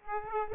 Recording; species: mosquito wingbeat signal from an infrared sensor; Aedes aegypti